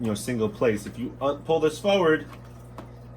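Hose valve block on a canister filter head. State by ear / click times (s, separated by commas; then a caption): released / 2.8 s. Someone talks while pulling the black valve lever forward on the plastic hose valve block of a Penn Plax Cascade Marlin canister filter head to disengage its lock so the block can be lifted off. A faint tick is heard at 2.8 s, and the valve lock is released.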